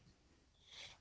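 A faint breathy intake followed by a short hissing burst near the end, a single adult sneeze.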